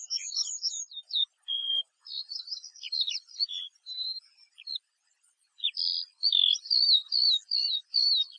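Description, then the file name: Eurasian Skylark singing a fast, varied, high-pitched warble of chirps, slurred whistles and buzzy phrases, with one brief gap before the stream resumes. "Allodola"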